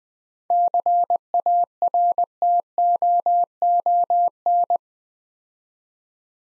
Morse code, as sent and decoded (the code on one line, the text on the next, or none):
-.-. .- .-. - --- --- -.
CARTOON